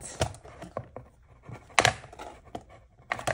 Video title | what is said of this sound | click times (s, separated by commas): Comment monter un album bois avec de la reliure recto et verso ? | normalement vous entendez un clic voilà | 1.8 s